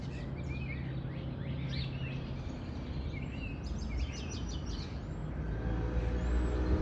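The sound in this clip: Bird calls: short high chirps, slurred whistles and quick trills in scattered bursts over a steady low rumble.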